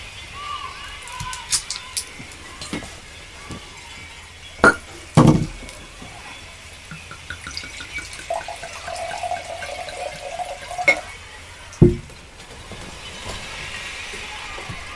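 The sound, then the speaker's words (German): Wine gurgles into a glass in a short, steady pour, with a few sharp clinks and knocks of glass around it and faint murmuring in the background. “Hier, trink einen Schluck Wein.”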